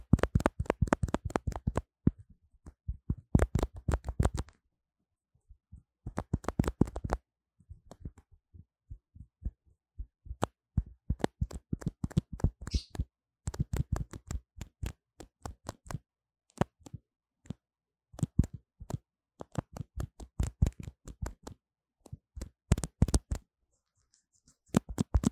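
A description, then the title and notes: A lo-fi microphone is scratched and tapped, making bursts of dry, rapid clicks and rubbing that start and stop every few seconds. Each burst is dense and crackly with heavy low thumps, separated by short near-silent gaps. Lofi Mic Scratching & Tapping | No Talking.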